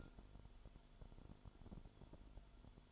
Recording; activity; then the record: daily activity, microphone in the room; light on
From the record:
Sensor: 5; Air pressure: 1008.0 hPa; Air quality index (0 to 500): 106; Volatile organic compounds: 1 ppm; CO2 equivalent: 820 ppm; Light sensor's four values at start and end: 34/79/32/32 and 34/81/33/33